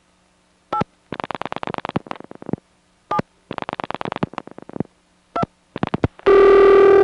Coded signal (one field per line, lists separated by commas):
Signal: DTMF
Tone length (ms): 70 ms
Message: 8 7 2